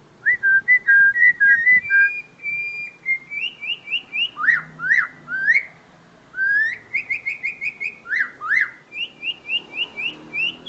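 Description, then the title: Black-winged myna song of clear whistled phrases, level notes then sharp rising upslurs repeated in quick runs, with short silent gaps between bursts. Dense, constantly active singing with many variations, meant as tutor audio for training other songbirds. "Kicauan Rapat Jalak Putih Gacor Banyak Variasi Untuk Masteran"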